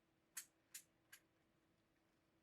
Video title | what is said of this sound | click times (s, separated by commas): H8 Headphones: The BEST Studio Headphones for Under $50? (Unboxing & Review) | there is a sort of Ratchet there it clicks into place | 0.4 s, 0.8 s, 1.1 s